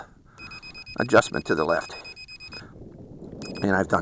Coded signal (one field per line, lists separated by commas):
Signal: none